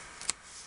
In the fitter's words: you can hear the click of the magnet